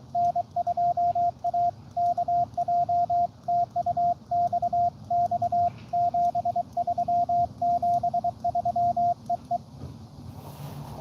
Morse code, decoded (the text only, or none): N2AKJ TU XX 73 73 EE